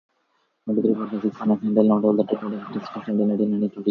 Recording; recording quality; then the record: counting at a fast pace; excellent, no background noise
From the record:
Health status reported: healthy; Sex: male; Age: 24 years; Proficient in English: yes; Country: India